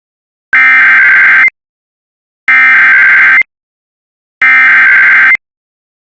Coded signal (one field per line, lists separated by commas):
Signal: Emergency Alert System (SAME) tones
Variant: header bursts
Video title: IPAWSCAP EAS Immediate Evacuation for Delores Colorado due to wildfire (06/27/26)